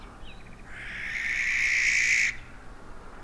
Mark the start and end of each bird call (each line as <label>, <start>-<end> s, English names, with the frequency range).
Common Nightingale (1.8-4.1 kHz), 0.22-0.67 s
Western Barn Owl (1.2-14.6 kHz), 0.67-2.32 s